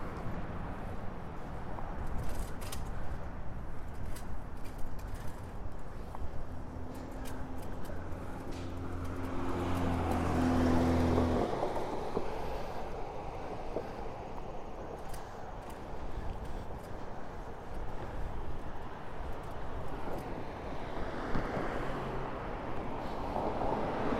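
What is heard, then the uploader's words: A bike ride home from the beach, with a steady rush of wind and road noise throughout and scattered small rattles and ticks. From about six to eleven seconds a low engine hum builds and passes, then cuts off; another softer swell follows near twenty-two seconds. A stereo recording of a bike ride from Orchard Beach to our house in Mount Vernon.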